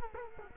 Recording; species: mosquito wingbeat signal from an infrared sensor; Culex quinquefasciatus